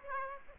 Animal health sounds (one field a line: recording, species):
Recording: mosquito wingbeat signal from an infrared sensor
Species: Aedes aegypti